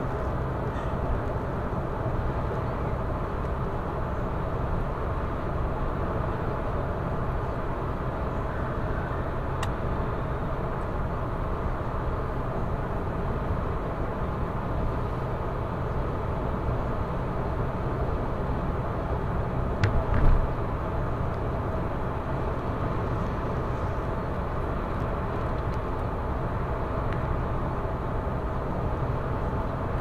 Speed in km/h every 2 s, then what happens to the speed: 116, 116, 116, 116, 116, 116, 116, 116, 116, 116, 116, 116, 116, 115, 115.
0-30 steady at about 116.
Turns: none.